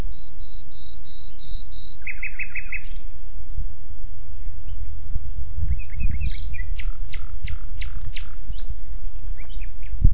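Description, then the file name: Common nightingale song: a run of pure repeated whistles, then a quick stuttered series and varied sharp rising notes, over a steady low rumble. "Luscinia megarhynchos"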